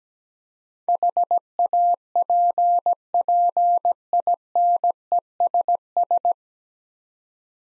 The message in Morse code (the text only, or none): HAPPINESS